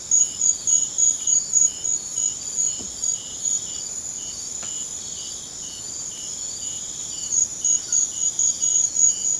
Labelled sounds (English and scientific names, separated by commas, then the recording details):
none
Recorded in secondary vegetation near Puerto Asís, Putumayo, Colombia, on 30 June 2025 at 01:00
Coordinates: 0.500, -76.326
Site GP08